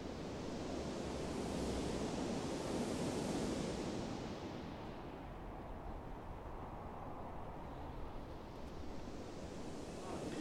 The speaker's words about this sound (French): en réalité, si on a juste les bruits de pneus, par exemple, les bruits de roulement, eh ben c'est très proche du bruit des vagues sur une plage, du ressac. On a quelque chose qui est beaucoup plus agréable, en fait, reposant quelque part.